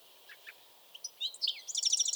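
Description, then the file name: European goldfinch: a couple of soft notes, then a bright, quickening tinkling twitter at the end. "Carduelis carduelis"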